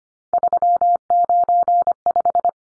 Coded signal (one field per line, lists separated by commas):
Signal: Morse code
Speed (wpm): 25 wpm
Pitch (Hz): 700 Hz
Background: none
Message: 395